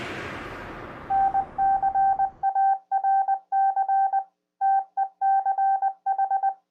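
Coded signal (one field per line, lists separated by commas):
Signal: Morse code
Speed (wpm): 20 wpm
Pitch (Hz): 780 Hz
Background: none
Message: NCARC TECH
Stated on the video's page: Weekly club tech net on a 447.275 mountain repeater in Colorado.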